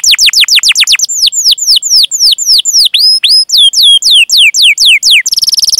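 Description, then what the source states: Canary song of quick falling whistles, slowing into evenly spaced sweeping notes, then a short buzzy rattle at the end. Lively singer (gacor) said to have the best song phrasing (cengkok) and most luxurious fill-ins (isian); Indonesian bird-keeping hobby (kicaumania) recording.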